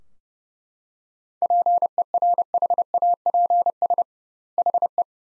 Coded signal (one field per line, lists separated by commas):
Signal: Morse code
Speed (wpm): 30 wpm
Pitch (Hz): 700 Hz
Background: none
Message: PERHAPS HE